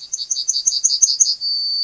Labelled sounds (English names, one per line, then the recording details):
Yellowhammer song
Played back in grassland
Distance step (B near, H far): B
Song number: 135